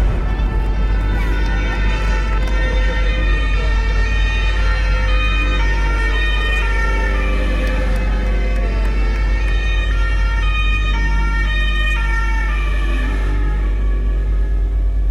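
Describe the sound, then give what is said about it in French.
Gendarmerie and rescue sirens wail together as the vehicles arrive at 4 p.m. at the scene of a shooting, their overlapping tones rising and falling steadily over a constant low engine rumble. “Il est 16h lorsque les gendarmes et les secours arrivent, toutes sirènes hurlantes sur le lieu du drame.”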